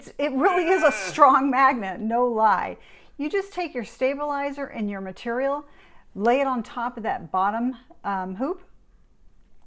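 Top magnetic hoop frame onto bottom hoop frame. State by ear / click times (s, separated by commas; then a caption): seated / 9.6 s. Someone talks while stabilizer and fabric are laid over the bottom hoop of a magnetic embroidery hoop for a Brother Skitch PP1 embroidery machine. The top hoop frame is then set on, and its magnets pull it down with a sharp snap at 9.6 s, seating it firmly in place.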